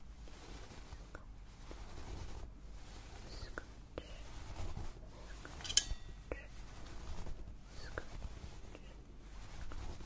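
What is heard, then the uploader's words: Fingers massage a scalp in a soft, continuous rubbing and scratching that swells and fades in slow waves roughly every second or two. Brief light clicks and taps break through now and then, with one sharper bright tick near the six-second mark. ASMR Massaging your Scalp - Layered Sounds & Personal Attention.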